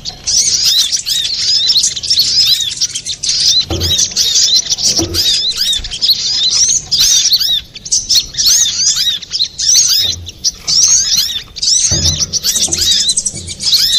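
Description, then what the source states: Little spiderhunter song, a long, hurried sequence of piercing chirps and squeaky slurred notes, with occasional soft knocks underneath. Master recording for training cage birds.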